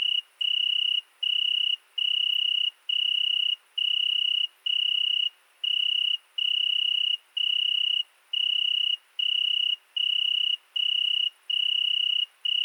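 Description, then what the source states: Italian tree cricket producing a smooth, high trill in repeated bursts close to a second long, evenly spaced by brief pauses. Night, 22:30, 13 August 2020, Fourcinet ValMaravel; single cricket singing for two nights in Virginia creeper beneath a window; recorded with Nagra Seven and MKH40 cardioid microphone.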